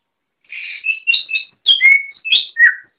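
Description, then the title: Oriental magpie-robin notes: a short set of high squeaky chirps and clear whistles, separated by brief pauses, after a half-second of quiet. "Kicau Kacer"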